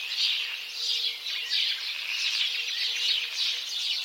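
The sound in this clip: Overlapping house sparrow chirps in a lively flock chorus, with a faint low steady hum heard in short stretches.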